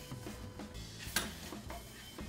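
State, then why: Seated. A plastic interior trim panel is pressed into place all around on the right side of a Ford Gran Torino model car kit body. Small tick-like hits sound over music playing underneath, with a sharp click at 1.2 s as the panel clips in and is seated.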